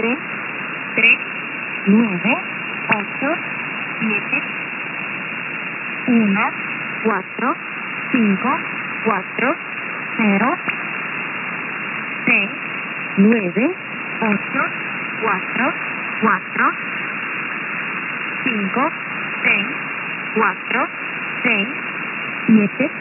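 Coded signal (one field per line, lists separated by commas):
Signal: numbers station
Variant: V07 Spanish Lady, Spanish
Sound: a woman's voice reading short words at a steady pace through hissy shortwave static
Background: radio static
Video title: V07 "The Spanish Lady," numbers station, 14774 kHz USB, 20 FEB 2022, 01:20 UTC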